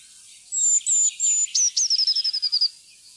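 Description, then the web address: Eurasian blue tit with three clear high whistles, then a fast, slightly falling trill of about nine notes. "fuglelyder- blaameis"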